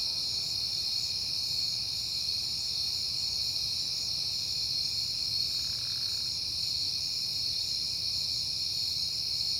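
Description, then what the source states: Crickets trilling continuously in a high, dense chorus; a soft, brief mid-pitched sound appears faintly near the middle over the steady hum. Recorded at night in September on a peaceful night.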